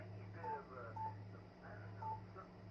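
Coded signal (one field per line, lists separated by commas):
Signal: none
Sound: radio key beeps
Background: speech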